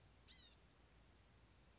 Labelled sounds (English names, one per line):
Blue-gray Gnatcatcher